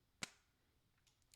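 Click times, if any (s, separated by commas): 0.2 s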